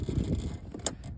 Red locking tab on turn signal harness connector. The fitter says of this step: Yep, I don't know if you heard that click.